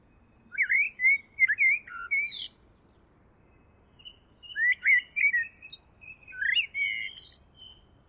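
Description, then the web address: Bird song in three phrases of twisting, looping notes with high ticks, separated by brief pauses, over faint background noise. "Deverinetal. Bird Only"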